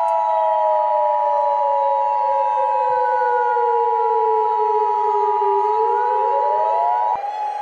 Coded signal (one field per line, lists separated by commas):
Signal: Emergency Alert System (SAME) tones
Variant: 853 and 960 Hz attention tone